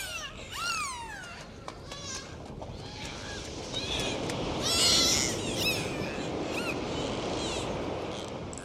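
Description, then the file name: Dolphin whistling, curving tonal sweeps and a scatter of short clicks, some overlapping whistles midway, over a continuous noisy underwater-like hiss. "Zvuki prirody - Delfiny"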